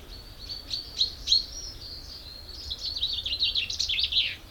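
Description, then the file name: Common chaffinch song opening with a few loud separate notes, then a fast run of notes ending in a falling flourish. "Fringilla coelebs"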